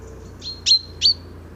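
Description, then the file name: Common chaffinch giving short high calls, three quick clipped notes with the last two loudest, over faint low background hum. "Fringilla coelebs"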